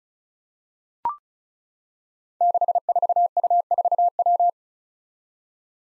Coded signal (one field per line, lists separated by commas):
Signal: Morse code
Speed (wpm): 36 wpm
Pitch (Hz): 700 Hz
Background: none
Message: 64U4W